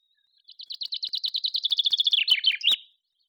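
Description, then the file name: Common chaffinch song: a fast, even series of high chirps sliding gradually lower, then a quick descending flourish and a final sharp note, about two and a half seconds long. "Fringilla coelebs"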